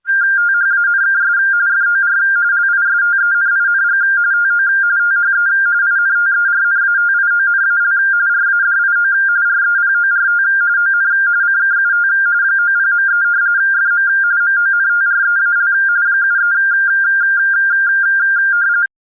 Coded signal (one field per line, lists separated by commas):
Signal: RTTY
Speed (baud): 45.45 baud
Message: THANKS FOR LISTENING TO THE INTERNATIONAL RADIO REPORT ON CKUT 90.3 FM MONTREAL 73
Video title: International Radio Report August 13th 2023